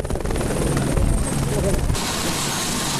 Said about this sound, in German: Sie erreichen einen Hubschrauber, der Versorgungsgüter nach Namche Bazaar bringt und sie auf der leeren Fläche hinter dem Pilotensitz talabwärts in einen kleinen Ort fliegt, in dem es eine Start- und Landebahn gibt.